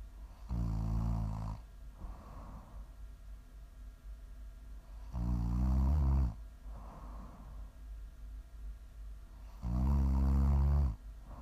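ASMR snoring from an adult sleeper: loud, low-pitched, rumbling snores recurring about every four to five seconds, with softer breathy exhalations between them.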